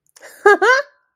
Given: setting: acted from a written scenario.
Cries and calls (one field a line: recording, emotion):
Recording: vocal sound without words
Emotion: amusement